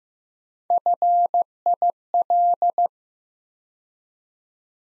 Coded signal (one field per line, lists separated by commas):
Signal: Morse code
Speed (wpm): 15 wpm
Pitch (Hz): 700 Hz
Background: none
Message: FIL